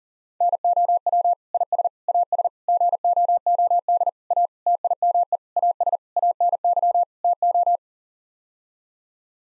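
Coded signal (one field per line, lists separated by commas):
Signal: Morse code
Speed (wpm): 40 wpm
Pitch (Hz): 700 Hz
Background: none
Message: NOW IS AS GOOD A TIME AS ANY TO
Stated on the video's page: Head-copy drill of nine-word common word groups sent at 40 wpm, each set sent twice.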